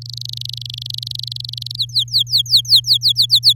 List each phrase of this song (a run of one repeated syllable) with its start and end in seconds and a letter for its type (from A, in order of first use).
0.01-1.76 A, 1.78-3.53 B